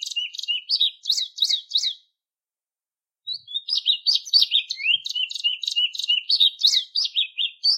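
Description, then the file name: Plumbeous Seedeater singing: short rising whistled notes, a pause of about a second, then a long lively phrase of varied chirps and slurred whistles. "canto da patativa"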